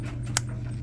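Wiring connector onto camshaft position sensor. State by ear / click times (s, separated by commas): seated / 0.4 s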